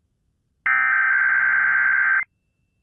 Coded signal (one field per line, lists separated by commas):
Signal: Emergency Alert System (SAME) tones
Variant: header bursts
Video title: My Last KDKA EAS Test For March [EAS #582]